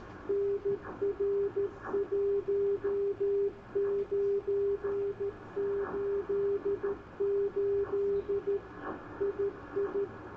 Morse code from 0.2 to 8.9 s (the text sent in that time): NR1988